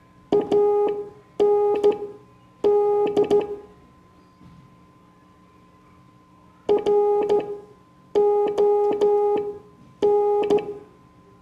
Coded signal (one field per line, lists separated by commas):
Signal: Morse code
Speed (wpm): 12 wpm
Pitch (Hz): 410 Hz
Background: none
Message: AND RON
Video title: Morse Code Class 04